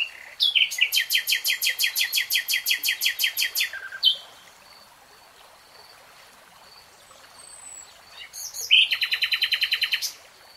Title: [Tiếng chim hót] Nightingale Singing